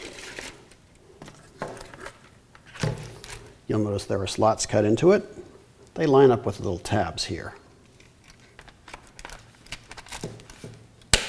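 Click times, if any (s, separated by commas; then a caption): 11.1 s. A humidifier water panel and scale control insert are pressed into a plastic AprilAire 4181 humidifier pad frame, with its slots lined up on the tabs, while someone talks over soft handling clicks and rustles. A loud, sharp snap at 11.1 s marks the frame seating into place.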